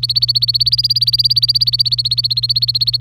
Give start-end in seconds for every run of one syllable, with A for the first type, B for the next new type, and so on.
0.00-3.00 A